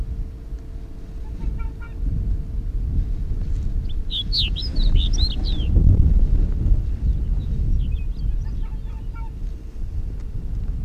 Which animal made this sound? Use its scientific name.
Vulpes lagopus